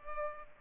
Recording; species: mosquito wingbeat signal from an infrared sensor; Culex pipiens